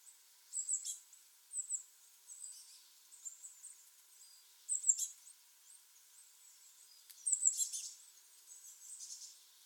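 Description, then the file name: Eurasian blue tit calls: high, thin notes and sharp chirping bursts repeated at irregular intervals against a soft background hiss. "Cyanistes caeruleus"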